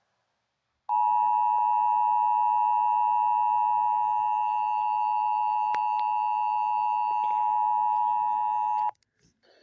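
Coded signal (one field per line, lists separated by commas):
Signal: Emergency Alert System (SAME) tones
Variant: 853 and 960 Hz attention tone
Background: speech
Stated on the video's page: Fictional EAS scenario alert tones, without sirens and with the Emergency Action Notification removed.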